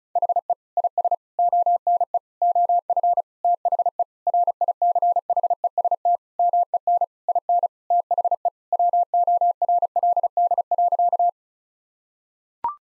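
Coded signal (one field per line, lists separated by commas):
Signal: Morse code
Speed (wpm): 36 wpm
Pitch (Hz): 700 Hz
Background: none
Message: HE IS ONE OF THE RICHEST MEN IN THE WORLD.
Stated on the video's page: Morse practice sentences built from common eight-word phrases at 35 wpm, each sent, then spoken, then sent again for head-copy.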